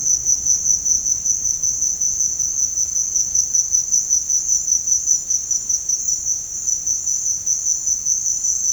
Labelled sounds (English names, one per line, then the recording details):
none
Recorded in dense forest near Puerto Asís, Putumayo, Colombia, on 29 June 2025 at 15:00
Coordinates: 0.481, -76.323
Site G072